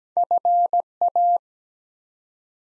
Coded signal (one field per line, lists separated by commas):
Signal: Morse code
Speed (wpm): 17 wpm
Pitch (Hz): 700 Hz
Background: none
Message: FA